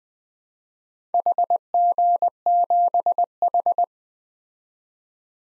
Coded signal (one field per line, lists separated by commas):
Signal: Morse code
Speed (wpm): 20 wpm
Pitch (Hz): 700 Hz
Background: none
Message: HG7H